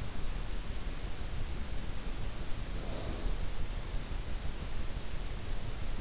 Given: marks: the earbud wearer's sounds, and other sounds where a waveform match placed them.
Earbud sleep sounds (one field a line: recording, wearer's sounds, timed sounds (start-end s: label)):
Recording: sounds in sleep by an in-ear microphone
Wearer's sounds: snoring breath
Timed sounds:
2.90-3.67 s: snoring breath